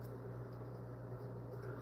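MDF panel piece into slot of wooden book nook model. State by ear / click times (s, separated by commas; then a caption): not seated / none. A builder pushes an MDF panel piece of a wooden 3D book nook kit of the BEIKA-CHO Convenience Store into its slot, but it will not go in. Only a steady low hum and faint pressing and rubbing noise are heard, with a brief rise right at the end. Nothing has seated or clicked yet.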